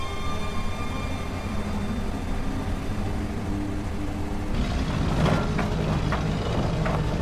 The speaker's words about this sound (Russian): Раннее утро. Восходит солнце. Автомобиль уезжает с острова.